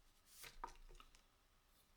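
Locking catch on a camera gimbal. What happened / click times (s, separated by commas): The locking catch clicked free / 0.6 s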